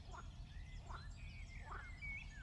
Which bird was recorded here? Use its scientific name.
Phylloscopus collybita